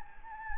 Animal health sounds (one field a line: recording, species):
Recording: mosquito wingbeat signal from an infrared sensor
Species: Anopheles gambiae